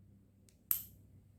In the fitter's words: dia terpasang dengan sempurna Sampai bunyi ceklek